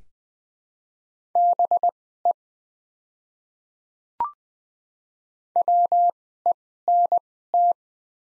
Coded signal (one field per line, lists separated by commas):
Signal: Morse code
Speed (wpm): 21 wpm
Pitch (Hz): 700 Hz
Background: none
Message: BE WENT